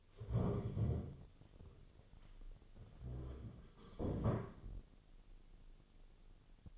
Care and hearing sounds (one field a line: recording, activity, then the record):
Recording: daily activity, microphone in the room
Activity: stand up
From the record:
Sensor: 4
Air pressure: 1016.1 hPa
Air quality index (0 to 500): 168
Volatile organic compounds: 6 ppm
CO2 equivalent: 1912 ppm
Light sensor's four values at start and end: 9/20/8/7 and 9/20/8/7